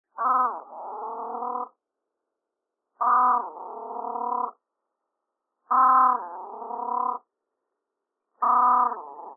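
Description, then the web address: Great crested grebe calling, four harsh nasal barking calls, each loud at the start then trailing off, repeated roughly every two and a half seconds. "kanmurikaitsuburi"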